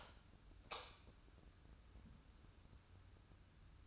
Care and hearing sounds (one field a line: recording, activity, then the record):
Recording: daily activity, microphone in the room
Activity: light on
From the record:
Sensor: 2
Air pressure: 994.3 hPa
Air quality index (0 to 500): 216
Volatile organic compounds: 1000 ppm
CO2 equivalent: 7167 ppm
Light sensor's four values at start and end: 141/336/142/148 and 146/354/149/155